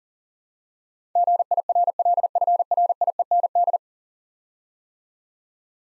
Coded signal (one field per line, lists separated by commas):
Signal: Morse code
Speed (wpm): 41 wpm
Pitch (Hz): 700 Hz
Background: none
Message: GIRLFRIEND